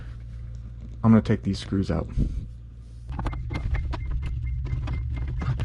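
Someone talks while working on the screws that hold the plastic evaporator cover panel inside a Samsung refrigerator whose cooling fan is frozen, over a steady low hum. From about 3.2 s, a run of short, sharp clicks and scrapes is heard as the screws are turned for removal, and nothing has seated or clicked yet. The screw heads end up stripped.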